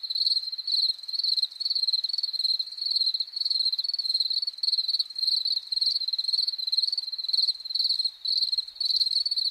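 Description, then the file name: Field cricket song, shrill pulsed chirps repeated almost without pause in a steady, even run throughout. "Grillon champetre"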